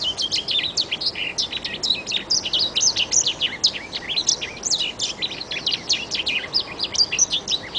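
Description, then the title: Oriental magpie-robin delivering rapid, high, varied chirps and whistled phrases in an unbroken chatter, over a light background hiss. "Kicau Kacer"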